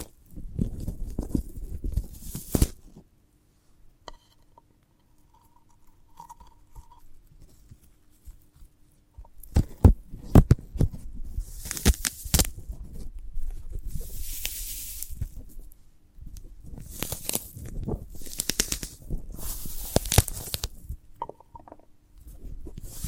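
ASMR sounds of a sprouted coconut: crisp crackles and scraping open the first few seconds, then a long near-silent pause with a faint brief tone. From about nine seconds on, dense crunchy clicks return, broken by several bright, hissing swishes that come every couple of seconds.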